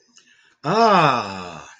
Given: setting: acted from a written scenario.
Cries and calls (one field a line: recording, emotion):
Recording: vocal sound without words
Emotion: elation